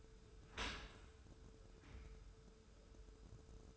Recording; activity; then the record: daily activity, microphone in the room; open dishwasher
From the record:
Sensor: 2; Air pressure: 1014.8 hPa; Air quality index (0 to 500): 26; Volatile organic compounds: 1 ppm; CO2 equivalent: 509 ppm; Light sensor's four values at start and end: 10/23/9/9 and 10/23/9/9